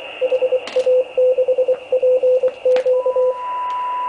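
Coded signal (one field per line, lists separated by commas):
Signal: Morse code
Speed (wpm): 24 wpm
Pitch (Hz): 510 Hz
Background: radio noise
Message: HA6PQ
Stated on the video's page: CW DX contacts from the USA to Europe with an Icom 703 at 10 watts and a loop antenna 8 m above ground.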